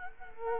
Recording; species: mosquito wingbeat signal from an infrared sensor; Culex quinquefasciatus